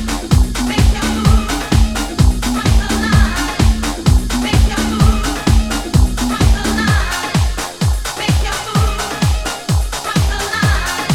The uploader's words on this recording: Os carrinhos de choque das festas do senhô. Bumper cars always have a particular soundtrack, always revolving around dance music.